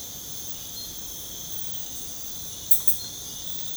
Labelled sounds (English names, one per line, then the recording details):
none
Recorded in secondary vegetation near Puerto Asís, Putumayo, Colombia, on 21 February 2024 at 04:00
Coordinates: 0.472, -76.331
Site G6371